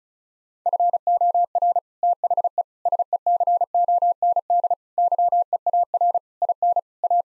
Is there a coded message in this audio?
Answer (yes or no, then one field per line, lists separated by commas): yes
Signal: Morse code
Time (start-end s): 0.7-7.2 s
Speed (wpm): 34 wpm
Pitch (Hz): 700 Hz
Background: none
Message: FOR THE SECOND YEAR IN A